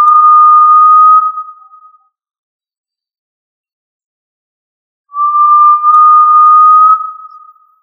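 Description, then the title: Tinamou: the end of one pure, steady whistle, a silent gap of about three seconds, then a second level whistle nearly three seconds long; no other sounds. "Familia Tinamidae - Quail - Puyuh"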